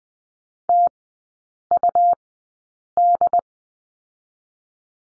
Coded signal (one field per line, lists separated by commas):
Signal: Morse code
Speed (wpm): 20 wpm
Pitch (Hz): 700 Hz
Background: none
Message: TUD